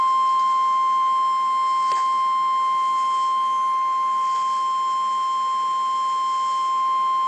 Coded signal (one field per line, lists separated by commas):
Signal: Emergency Alert System (SAME) tones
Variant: 1050 Hz attention tone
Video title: Severe Thunderstorm Warning {EAS #73}